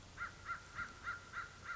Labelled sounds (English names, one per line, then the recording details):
American Crow
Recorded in Sonoma County, California